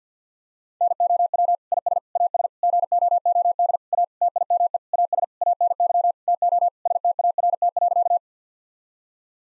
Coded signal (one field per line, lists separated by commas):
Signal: Morse code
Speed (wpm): 50 wpm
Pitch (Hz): 700 Hz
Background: none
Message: NOW IS AS GOOD A TIME AS ANY TO START.